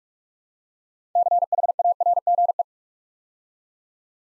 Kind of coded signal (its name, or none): Morse code